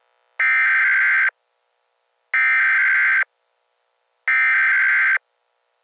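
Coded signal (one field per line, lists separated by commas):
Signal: Emergency Alert System (SAME) tones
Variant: header bursts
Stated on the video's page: Simulated EAS scenario set in Counter Strike: Global Offensive.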